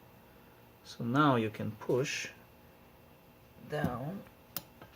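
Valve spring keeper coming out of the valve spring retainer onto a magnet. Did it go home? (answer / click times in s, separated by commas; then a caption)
released / 4.6 s. Someone talks while a socket on a valve spring retainer is pushed down with leverage. At 4.6 s a sharp click is heard as a hardened steel valve keeper is freed from the retainer and snaps onto a magnet inside the socket, so the keeper is released.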